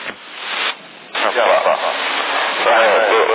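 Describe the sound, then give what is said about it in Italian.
A CB radio transmission in Sassari carries a tinny, narrowband voice with an added echo effect, steady and fairly loud after a brief dropout near the start. “Qui vedi, c'è un'altra modulazione, adesso tu ti hai aggiunto anche l'eco, sì?”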